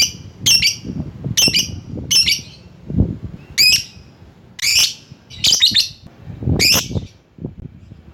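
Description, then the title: Lovebird calling with a string of harsh, shrill chirps at irregular gaps, some drawn out and buzzy, over low knocking sounds. Lovebird calling to a rival. "Lovebird Memanggil Lawan"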